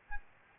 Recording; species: mosquito wingbeat signal from an infrared sensor; Aedes albopictus